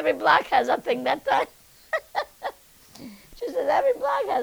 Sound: she laughs

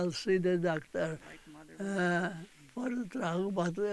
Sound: voice off mic

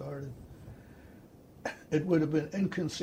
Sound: cough

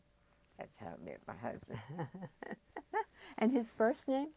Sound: laughs

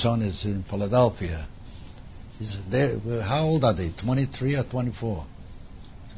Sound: none

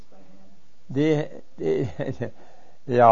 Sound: he laughs

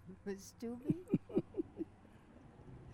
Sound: laughs

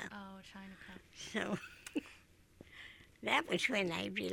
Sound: laughs

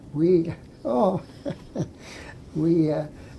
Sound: laughs

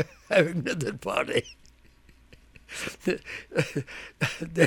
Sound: he laughs

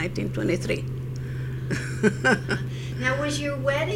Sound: she laughs

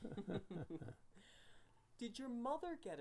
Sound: laughter

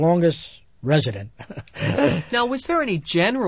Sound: he laughs

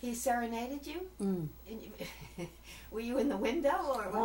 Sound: giggles

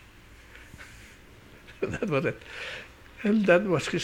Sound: laughs

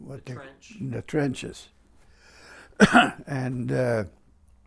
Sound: he coughs

